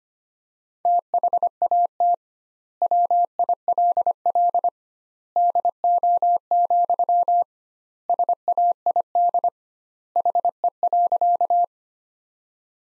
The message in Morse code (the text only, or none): THAT WILL DO, SAID HE.